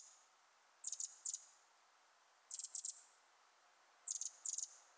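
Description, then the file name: Eurasian wren calls: quick high ticks in short clusters, three clusters with quiet gaps between. "Troglodytes troglodytes"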